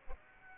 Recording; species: mosquito wingbeat signal from an infrared sensor; Aedes aegypti